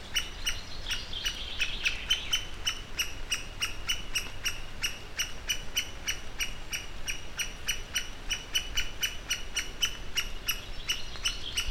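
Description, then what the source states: Great spotted woodpecker giving sharp, high clicking calls repeated several times a second in a steady series over low background rumble. Alarm call.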